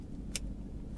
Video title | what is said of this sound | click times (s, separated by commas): BlackboxMyCar BI-750 Dash Cam Battery Review | push that in there until it clicks | 0.4 s